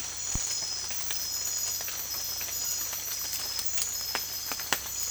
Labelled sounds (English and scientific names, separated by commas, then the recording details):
none
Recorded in secondary vegetation near Puerto Asís, Putumayo, Colombia, on 25 June 2025
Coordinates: 0.488, -76.319
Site G094